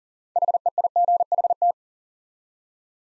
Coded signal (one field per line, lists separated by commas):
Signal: Morse code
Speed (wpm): 38 wpm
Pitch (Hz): 700 Hz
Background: none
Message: HEIGHT